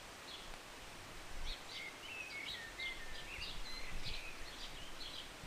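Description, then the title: Birds singing thin whistled notes mixed with quick chirps, under a steady hiss and a low rumbling background. Recorded from a city balcony on a Sunday morning during short rain, birds singing and chirping. "Rainy Morning with Birds Chirping"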